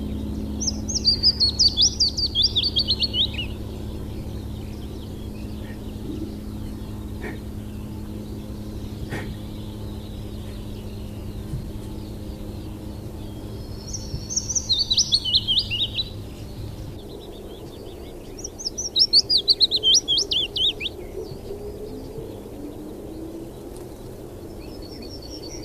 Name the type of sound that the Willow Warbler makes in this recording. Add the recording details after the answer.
song. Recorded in the wild. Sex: male. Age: adult. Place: Hallstadt, Bayern, DE. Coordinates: 49.9314, 10.8503. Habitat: willow thicket. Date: 1963-06-30. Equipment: Vollspur, Original. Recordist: Tretzel, Erwin